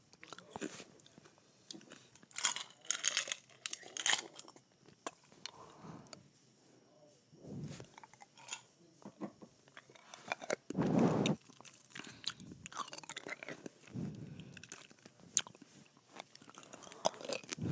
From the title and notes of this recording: ASMR Sucking and Biting Ice.